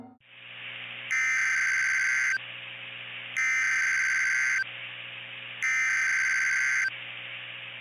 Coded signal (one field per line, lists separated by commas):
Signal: Emergency Alert System (SAME) tones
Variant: header bursts